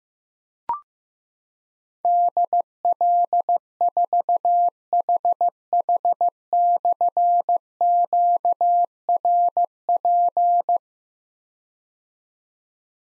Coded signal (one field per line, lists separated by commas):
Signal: Morse code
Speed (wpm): 15 wpm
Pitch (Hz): 700 Hz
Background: none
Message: DL4HH/QRP